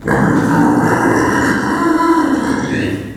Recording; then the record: squeal of a Yucatan mini pig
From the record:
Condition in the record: after surgery on the right vocal fold (resection and tissue-engineered implant); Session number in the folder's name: 4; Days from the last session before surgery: 26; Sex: female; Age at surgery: 19 weeks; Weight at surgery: 25 kg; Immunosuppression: prednisolone